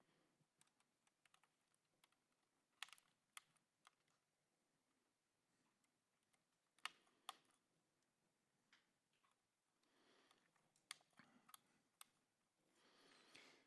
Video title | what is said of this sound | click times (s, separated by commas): Webinair EM Industrie - Siemens SIMATIC ET 200SP (FR) | ou le 0 volt qui se clipsent simplement sur l'embase. | 2.8 s, 3.4 s, 6.9 s, 7.3 s, 10.9 s, 11.5 s